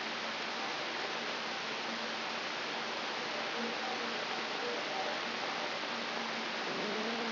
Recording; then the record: brain microelectrode recording played as sound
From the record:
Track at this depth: inside the subthalamic nucleus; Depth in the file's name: 7.329 mm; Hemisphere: right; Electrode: 3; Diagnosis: Parkinson's disease